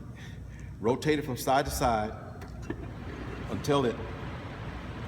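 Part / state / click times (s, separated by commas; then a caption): torque converter onto transmission pump / not seated / none. An AT545 torque converter is pushed onto the transmission input and pump and rotated from side to side while someone talks, with faint handling noise and a brief sharp tick at 2.7 s. Nothing has seated or clicked yet; the converter has not dropped into place on the pump gears by the end of the clip.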